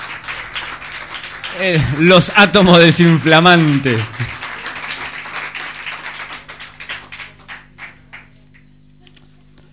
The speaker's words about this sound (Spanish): Otra vez fuerte, fuertísimo el aplauso